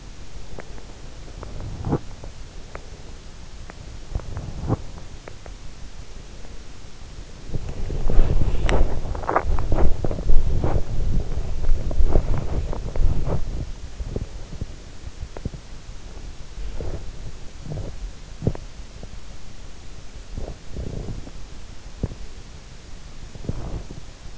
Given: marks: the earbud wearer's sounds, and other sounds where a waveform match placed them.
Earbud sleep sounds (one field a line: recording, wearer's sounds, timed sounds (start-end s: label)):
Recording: sounds in sleep by an in-ear microphone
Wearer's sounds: teeth grinding, body movement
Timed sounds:
0.42-0.75 s: teeth grinding
1.35-2.04 s: teeth grinding
2.68-2.89 s: teeth grinding
4.10-4.88 s: teeth grinding
5.17-5.59 s: teeth grinding
7.44-16.63 s: body movement
16.63-17.36 s: teeth grinding
17.50-18.05 s: teeth grinding
18.31-18.67 s: teeth grinding
18.95-19.12 s: teeth grinding
20.19-21.56 s: teeth grinding
21.86-22.21 s: teeth grinding
23.27-24.05 s: teeth grinding